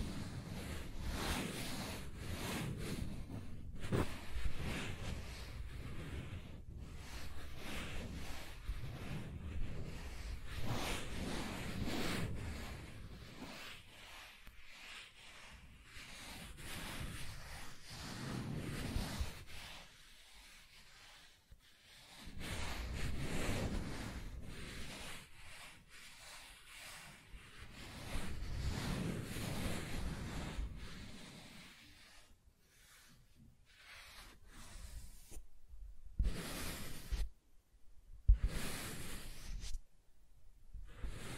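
Soft tracing across smooth and rough surfaces makes a low, breathy rubbing that swells and fades in long strokes, with quieter pauses around 15, 22 and 32 seconds. Near the end the strokes become shorter and choppier, broken by brief silences, with a few sharper scratches.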